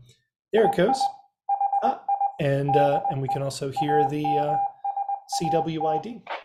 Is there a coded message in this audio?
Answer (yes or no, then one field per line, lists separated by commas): yes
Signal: Morse code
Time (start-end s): 0.6-6.0 s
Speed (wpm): 19 wpm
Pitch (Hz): 800 Hz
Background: speech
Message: EI HI DE AMSAT